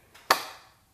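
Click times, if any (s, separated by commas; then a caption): 0.3 s. An extraction tool threaded into the aluminium crank arm of a Cannondale Hollogram SiSL2 crankset is turned counterclockwise to pull the arm off the bottom bracket spindle; the arm is already quite loose, so it comes easily. After a faint rustle at 0.15 s, a sharp, bright click at 0.3 s rings out and fades over about half a second. The crank arm breaks loose and is released from the spindle.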